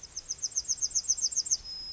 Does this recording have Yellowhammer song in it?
yes